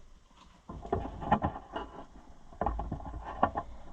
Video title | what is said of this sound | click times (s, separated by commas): OLIVER 550 DIESEL key switch install | I hope that's going. I don't like it. Yep, that didn't catch. | none